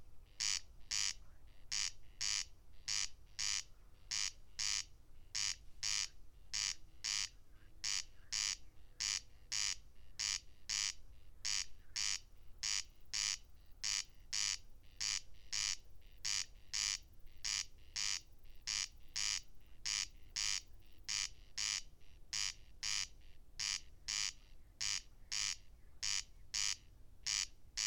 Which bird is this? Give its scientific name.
Crex crex